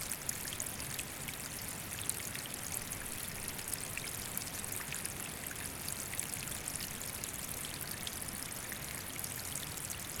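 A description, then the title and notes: A river runs steadily, its dense hiss of bright splashes and flicks over a low rushing rumble, unchanging throughout. Soundcast: West Fork of the Pigeon River. It’s a spectacular area just down from the Blue Ridge Parkway.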